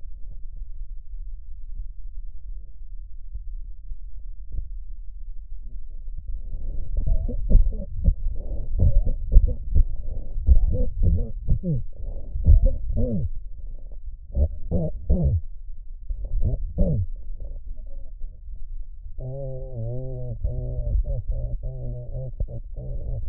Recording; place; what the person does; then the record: lung sounds by stethoscope; right posterior basal chest; quiet breathing, then cough and speech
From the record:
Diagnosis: pulmonary infection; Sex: male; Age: 86 years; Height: 165 cm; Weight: 65 kg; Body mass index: 23.9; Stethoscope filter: extended mode